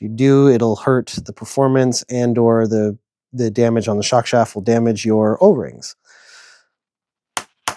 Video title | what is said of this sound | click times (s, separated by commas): I Build The Reve-D RDX Chassis And Provide Useful Tips | You don't want that one, too. There we go. You can hear it click click. | 7.4 s, 7.7 s